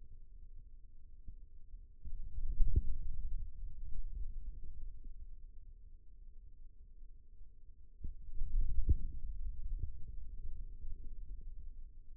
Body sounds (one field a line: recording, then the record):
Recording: forearm muscle sounds (acoustic myography)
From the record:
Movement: hand closing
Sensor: system 2, bracelet of six BSWA MPA416 microphones around the upper forearm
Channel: 3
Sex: male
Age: 22 years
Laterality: right